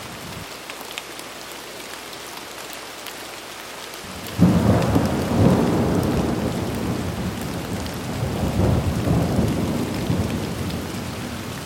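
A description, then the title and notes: Mild rain falls in a steady, even hiss throughout. Just after four seconds a deep rumble of thunder breaks in suddenly, swells again near nine seconds, and slowly fades as the soft patter continues underneath. One Hour Of Mild Rainfall. Nature Sounds.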